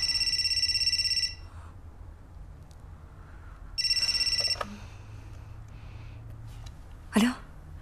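telephone ringing

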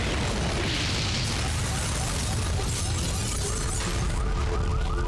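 car exploding

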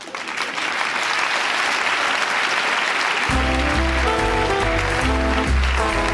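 thunderous applause

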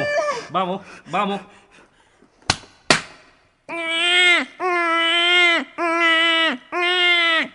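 newborn baby crying

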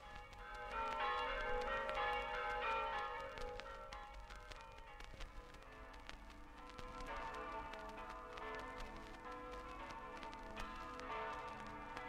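church bells ringing

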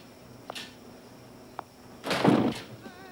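door being closed

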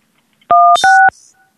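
telephone keypad button tones

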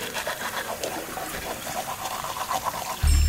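water running

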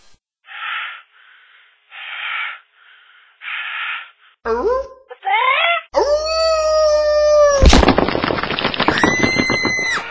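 wolf howling

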